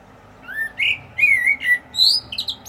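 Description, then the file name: Common blackbird song: loud, rich whistled notes rising and falling, ending in a high squeaky flourish. "Turdus merula"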